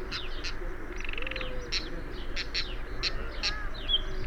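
Eastern black-eared wheatear giving dry, harsh clicking notes in short, irregularly spaced bursts, with a soft low hum beneath.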